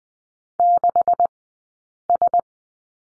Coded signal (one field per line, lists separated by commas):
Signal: Morse code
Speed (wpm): 20 wpm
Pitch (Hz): 700 Hz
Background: none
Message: 6S